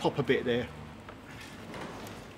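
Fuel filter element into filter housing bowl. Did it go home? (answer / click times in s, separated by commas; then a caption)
no / none. Someone talks briefly while a new plastic-and-paper diesel fuel filter element is laid into the filter housing bowl of a 2017 Ford Focus ST 2.0-litre diesel, before it is pushed home. After the talk, only faint handling sounds follow, around 1.1 s and 1.7 s. The element has not been pushed down or clicked into place yet.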